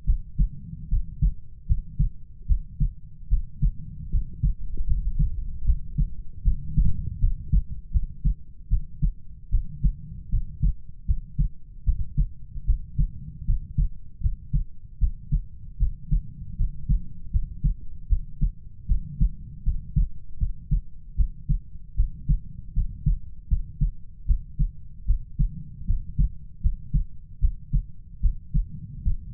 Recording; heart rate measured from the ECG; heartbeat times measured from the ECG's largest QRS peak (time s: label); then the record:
heart sounds by stethoscope; 77 bpm
0.05 s: heartbeat
0.88 s: heartbeat
1.66 s: heartbeat
2.46 s: heartbeat
3.28 s: heartbeat
4.10 s: heartbeat
4.86 s: heartbeat
5.64 s: heartbeat
6.43 s: heartbeat
7.19 s: heartbeat
7.91 s: heartbeat
8.68 s: heartbeat
9.49 s: heartbeat
10.29 s: heartbeat
11.05 s: heartbeat
11.84 s: heartbeat
12.65 s: heartbeat
13.45 s: heartbeat
14.20 s: heartbeat
14.98 s: heartbeat
15.77 s: heartbeat
16.56 s: heartbeat
17.30 s: heartbeat
18.07 s: heartbeat
18.86 s: heartbeat
19.63 s: heartbeat
20.38 s: heartbeat
21.15 s: heartbeat
21.95 s: heartbeat
22.73 s: heartbeat
23.48 s: heartbeat
24.25 s: heartbeat
25.05 s: heartbeat
25.85 s: heartbeat
26.60 s: heartbeat
27.39 s: heartbeat
28.20 s: heartbeat
29.02 s: heartbeat
From the record:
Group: healthy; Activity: rest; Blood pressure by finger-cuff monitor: 95/53 mmHg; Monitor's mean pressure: 67 mmHg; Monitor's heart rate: 77 bpm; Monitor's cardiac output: 7.2 L/min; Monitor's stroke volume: 93 mL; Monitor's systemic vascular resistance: 670 dyn s/cm5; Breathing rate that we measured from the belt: 19 breaths a minute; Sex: female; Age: 19 years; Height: 163 cm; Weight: 48.9 kg